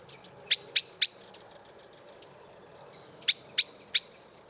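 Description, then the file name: Common blackbird giving sharp, clicking chink calls: a quick run of three notes, a pause of about two seconds, then another three-note burst. "Turdus merula"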